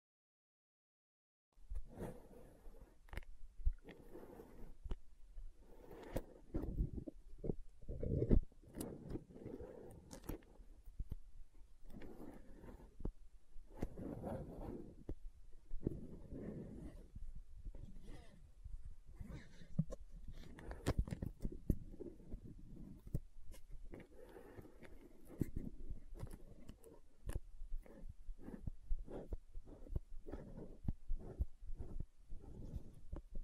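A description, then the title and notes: Dry tapping on a bottle and lid mixes with rough scratching, starting after a moment of silence. Sharp clicks land irregularly but often, over busy, grainy scraping bursts that come and go through the whole take, with a fairly even loudness. Lid Sounds & Bottle Tapping, Scratching. (No Talking).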